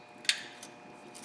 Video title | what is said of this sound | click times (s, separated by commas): How to replace the alternator 2008 Ford F350 | you're pushing it and you'll feel it snap in place over | 0.3 s